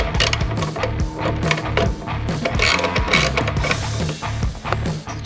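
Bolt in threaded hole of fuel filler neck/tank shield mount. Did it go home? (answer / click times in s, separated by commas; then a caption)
no / none. A bolt is ratcheted down into a threaded hole on a fuel filler neck and tank shield mount of a fuel system assembly, with repeated ratchet clicks and sharp metallic hits near 1.5, 3.1 and 3.7 seconds over background music. The threads at the top strip out during this ratcheting, and nothing has seated or clicked into place yet.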